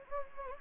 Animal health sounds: mosquito wingbeat signal from an infrared sensor; Anopheles gambiae

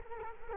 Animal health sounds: mosquito wingbeat signal from an infrared sensor; Culex quinquefasciatus

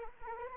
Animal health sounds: mosquito wingbeat signal from an infrared sensor; Anopheles arabiensis

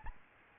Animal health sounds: mosquito wingbeat signal from an infrared sensor; Aedes albopictus

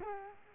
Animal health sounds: mosquito wingbeat signal from an infrared sensor; Culex quinquefasciatus

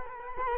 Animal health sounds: mosquito wingbeat signal from an infrared sensor; Culex quinquefasciatus

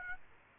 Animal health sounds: mosquito wingbeat signal from an infrared sensor; Aedes aegypti

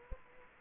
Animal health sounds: mosquito wingbeat signal from an infrared sensor; Culex quinquefasciatus

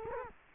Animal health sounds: mosquito wingbeat signal from an infrared sensor; Culex quinquefasciatus

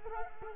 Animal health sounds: mosquito wingbeat signal from an infrared sensor; Culex quinquefasciatus

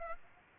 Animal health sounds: mosquito wingbeat signal from an infrared sensor; Aedes aegypti

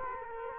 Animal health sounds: mosquito wingbeat signal from an infrared sensor; Culex quinquefasciatus

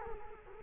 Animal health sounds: mosquito wingbeat signal from an infrared sensor; Culex quinquefasciatus

